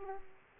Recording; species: mosquito wingbeat signal from an infrared sensor; Aedes aegypti